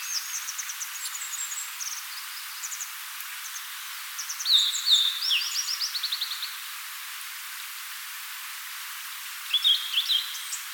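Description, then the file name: Blue-and-white flycatcher: a whistled phrase followed by rapid notes, another brief phrase near the end, with scattered high chirps. "Cyanoptila cyanomelana"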